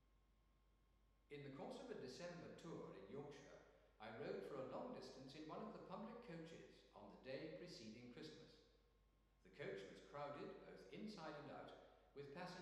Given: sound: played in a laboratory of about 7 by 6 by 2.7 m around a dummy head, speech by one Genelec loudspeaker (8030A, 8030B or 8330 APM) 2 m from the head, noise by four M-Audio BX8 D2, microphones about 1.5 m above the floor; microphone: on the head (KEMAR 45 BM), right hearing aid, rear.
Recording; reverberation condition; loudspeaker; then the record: male speech in English; high; 90 degrees to the right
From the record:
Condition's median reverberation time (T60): about 1300 ms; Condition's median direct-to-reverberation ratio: about -4.0 dB